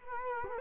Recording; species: mosquito wingbeat signal from an infrared sensor; Culex quinquefasciatus